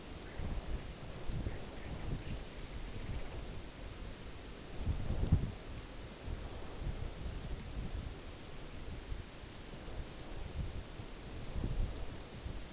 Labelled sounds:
Pectoral Sandpiper (Calidris melanotos)
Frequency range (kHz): Pectoral Sandpiper (Calidris melanotos) 0.9-4.0 kHz
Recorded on Arctic tundra, site UTQI-5, on 14 June 2019
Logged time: 10:00

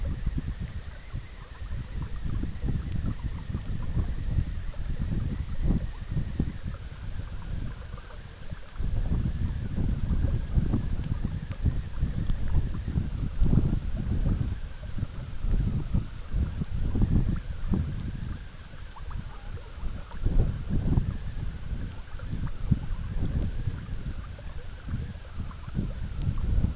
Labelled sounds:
none
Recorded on Arctic tundra, site EABA-MC, on 20 June 2019
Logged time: 14:00

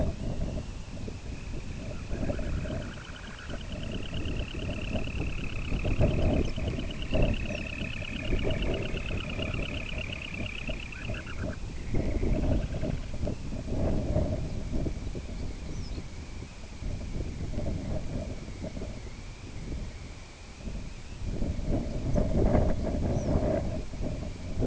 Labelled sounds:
Semipalmated Sandpiper (Calidris pusilla), Snow Bunting (Plectrophenax nivalis), unidentified sound
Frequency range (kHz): Snow Bunting (Plectrophenax nivalis) 3.2-7.1 kHz
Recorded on Arctic tundra, site IGLO-B, on 23 June 2018
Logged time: 11:59

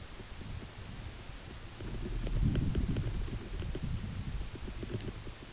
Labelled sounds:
none
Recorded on Arctic tundra, site UTQI-8, on 14 June 2019
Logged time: 10:00

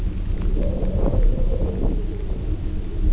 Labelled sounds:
none
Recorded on Arctic tundra, site UTQI-0, on 19 June 2018
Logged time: 22:00

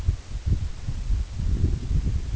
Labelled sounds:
none
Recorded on Arctic tundra, site EABA-1, on 24 June 2018
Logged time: 10:00

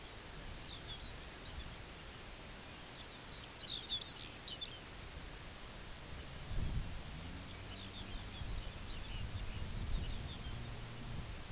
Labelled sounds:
Lapland Longspur (Calcarius lapponicus), unidentified sound
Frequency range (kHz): Lapland Longspur (Calcarius lapponicus) 1.6-6.6 kHz
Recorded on Arctic tundra, site UTQI-2, on 17 June 2019
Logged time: 14:00

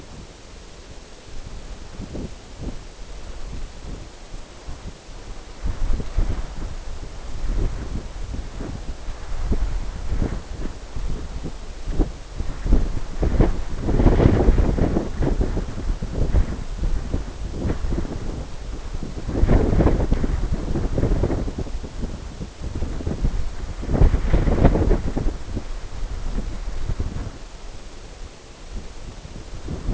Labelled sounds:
none
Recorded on Arctic tundra, site NAIT-1, on 21 June 2018
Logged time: 17:00

